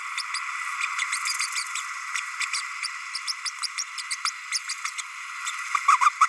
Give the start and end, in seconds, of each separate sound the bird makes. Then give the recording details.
2.41-2.45, 2.53-2.61, 3.27-3.33, 3.45-3.50, 3.63-3.67, 3.77-3.83, 4.10-4.16, 4.25-4.31, 4.51-4.58, 4.67-4.74, 4.84-4.89, 4.97-5.01, 5.46-5.50, 5.88-5.97, 6.01-6.10, 6.20-6.26. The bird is a male. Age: 30 days. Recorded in a nest box in Venezuela. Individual 17B32A6